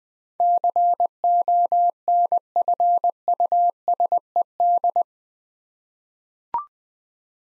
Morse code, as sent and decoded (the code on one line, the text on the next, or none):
-.-. --- -. ..-. ..- ... . -..
CONFUSED